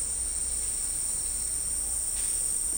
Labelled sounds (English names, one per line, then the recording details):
none
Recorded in dense forest near Puerto Asís, Putumayo, Colombia, on 16 December 2024 at 15:30
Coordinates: 0.499, -76.324
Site G045